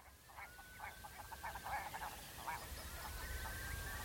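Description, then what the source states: Red grouse gurgling in short stuttering pulse groups, with a thin drawn-out whistle alongside and quiet background hiss. Wild birds on open moorland, Dryburn Moor, North Pennines/Northumberland, early May 2022, in darkness at the start of a morning recording session; binaural recording.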